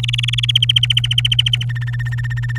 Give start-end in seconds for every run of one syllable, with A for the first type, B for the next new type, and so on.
0.03-0.51 A, 0.55-1.65 B, 1.69-2.58 C